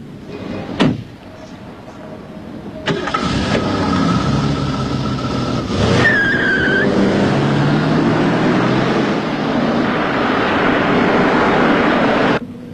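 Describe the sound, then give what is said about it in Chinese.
A Jaguar car's door thumps shut, then its engine roars up and it pulls away, with a short high-pitched tyre squeal partway through before the steady engine rumble cuts off. “先生，我一直想开开这种车，行吗？”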